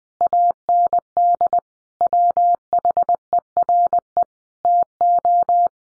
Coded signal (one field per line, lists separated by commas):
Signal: Morse code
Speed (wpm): 20 wpm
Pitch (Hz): 700 Hz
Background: none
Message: AND WHERE TO